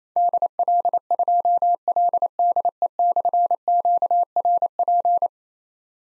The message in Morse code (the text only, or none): DL2LDE/QRP